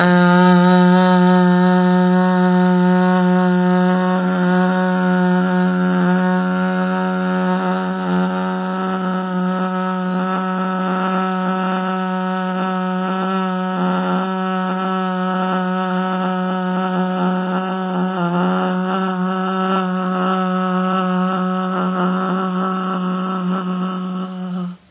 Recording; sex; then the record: sustained vowel /a/; female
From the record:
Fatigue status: no fatigue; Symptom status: symptomatic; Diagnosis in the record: COVID-19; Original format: 3gp